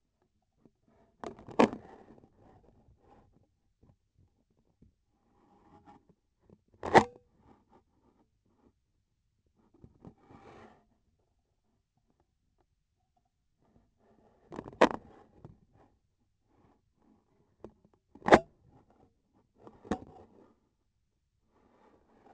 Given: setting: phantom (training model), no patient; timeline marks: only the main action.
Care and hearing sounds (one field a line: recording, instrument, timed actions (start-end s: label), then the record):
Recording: laparoscopic instrument, vibration sensor on the handle end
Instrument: scissors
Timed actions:
6.78-7.31 s: cutting PTFE tape
18.10-18.56 s: cutting PTFE tape
From the record:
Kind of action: gesture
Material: PTFE tape